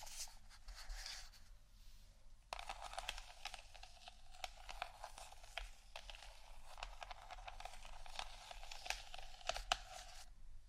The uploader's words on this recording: ASMR Scratchtap On Various Items （No Talking）.